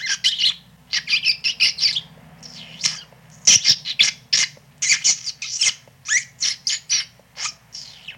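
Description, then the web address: Rat squeaking, shrill and scratchy, with quick runs of short squeals broken by brief gaps and a few longer, wavering cries. "animal rat"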